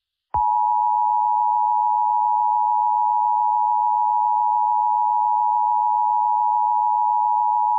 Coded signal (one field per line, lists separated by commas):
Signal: Emergency Alert System (SAME) tones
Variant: 853 and 960 Hz attention tone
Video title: EAS Scenario: Late 4th of July Day Special: Independence Day Nightmare